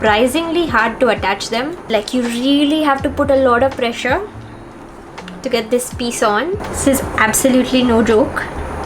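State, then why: Not seated. A plastic foot is pressed hard onto the metal leg of a kitchen rack while someone talks, with a brief sharp sound near 5.3 s during a quieter stretch. Nothing has seated or clicked yet; the foot is still being handled and is not yet home.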